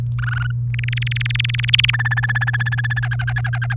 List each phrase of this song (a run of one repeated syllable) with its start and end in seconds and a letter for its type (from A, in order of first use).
0.19-0.51 A, 0.74-1.91 B, 1.93-3.00 C, 3.03-3.74 D